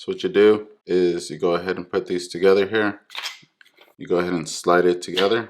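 Someone talks while the tubular upper handle section of an O‑Cedar ProMist Max spray mop is slid into the lower handle section with the arrows aligned, with only a brief faint handling sound during a pause around 3.6 s. Nothing has seated or clicked yet; the sections are still being handled.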